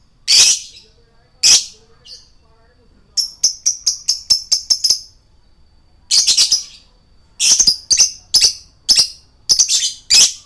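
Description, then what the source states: Lovebird giving two piercing shrieks, then a quick run of clipped high chirps, followed by repeated harsh screechy bursts. Male lovebird singing in the continuous, prolific style called gacor.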